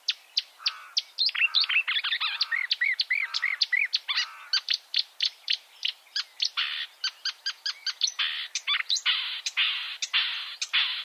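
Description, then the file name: Marsh warbler song: a fast, unbroken stream of varied chirps, trills and sharp clicking notes, ending in a run of rapid, evenly repeated high ticks. "suara-kicauan-burung-marsh-warbler -omkicau"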